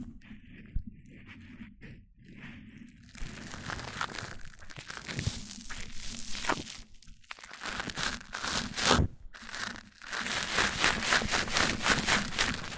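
Mic-on-mic triggers: soft rubbing and crinkly scraping against a microphone, quiet and sparse for the first three seconds, then denser, brighter rustling in uneven bursts. Sharp taps land near 1, 5 and 9 seconds, over a low steady rumble throughout.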